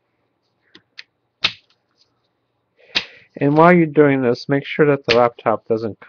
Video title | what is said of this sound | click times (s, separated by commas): Samsung Chromebook 303C Screen Replacement Procedure | and listen for snapping sounds that means the screen bezel is snapping off | 1.0 s, 1.4 s, 3.0 s